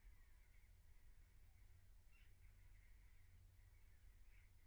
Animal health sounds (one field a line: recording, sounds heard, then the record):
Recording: poultry house recording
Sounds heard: no chicken sound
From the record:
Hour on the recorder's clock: 15